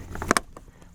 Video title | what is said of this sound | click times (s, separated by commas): Smart Plug installation: Part1: RV Side | Plug it in till it clicks. It doesn't come back out. You're done. | 0.3 s, 0.4 s